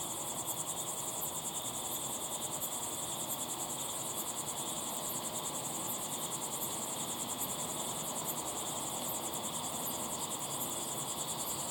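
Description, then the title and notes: Crickets calling nonstop, a fast regular high trill with sharper chirps recurring regularly, over steady rustling noise. Crickets chirping at sunset in the Timanfaya pyroclastic desert, Lanzarote; field-recorded with ambisonic equipment, converted to binaural audio with simulated slow head movements. "Be still and listen to the crickets at sunset in the incredible Timanfaya pyroclastic desert on the island of Lanzarote. Enjoy the calm desert sounds of chirping crickets"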